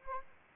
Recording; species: mosquito wingbeat signal from an infrared sensor; Anopheles arabiensis